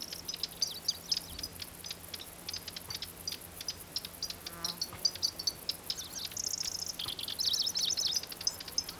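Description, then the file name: Pallas's grasshopper warbler singing a busy stream of high ticks and chirps, ending in louder buzzy trilled phrases; faint low hum throughout. "locustella certhiola"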